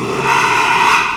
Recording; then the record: squeal of a Yucatan mini pig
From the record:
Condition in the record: after surgery on the right vocal fold (resection and tissue-engineered implant); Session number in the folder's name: 1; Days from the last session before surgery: 6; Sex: male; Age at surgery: 12 weeks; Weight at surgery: 13 kg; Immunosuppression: cyclosporine, prednisolone